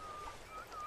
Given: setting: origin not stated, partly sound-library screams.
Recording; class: one-second piece from a danger detection set; normal situation